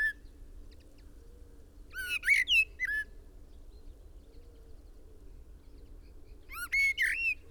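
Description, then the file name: Common blackbird giving a brief note at the start, then two short bursts of harmonic, warbled whistles several seconds apart, with a faint low hum between them. "Turdus merula"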